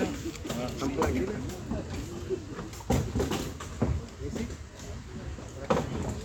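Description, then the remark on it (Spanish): Chairs scrape and thump in several short, irregular bursts as they are dragged closer together, with murmuring voices talking underneath throughout. “Pueden acercar las sillas para eso.”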